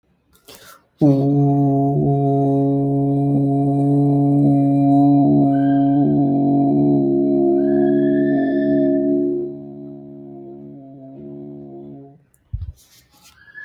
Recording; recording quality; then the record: sustained vowel as in boot; excellent, no background noise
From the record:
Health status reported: healthy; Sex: male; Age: 33 years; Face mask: not worn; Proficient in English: yes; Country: India